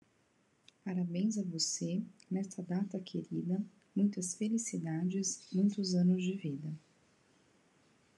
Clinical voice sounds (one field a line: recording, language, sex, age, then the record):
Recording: short text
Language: Brazilian Portuguese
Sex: female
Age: 40 to 49 years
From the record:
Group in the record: control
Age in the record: 41 years